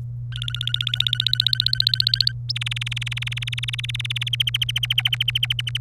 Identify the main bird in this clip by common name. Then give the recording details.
Domestic Canary. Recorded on 27 April 2018 at 13:38. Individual llb3